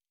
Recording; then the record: hydrophone in a shrimp aquaculture tank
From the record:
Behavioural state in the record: normal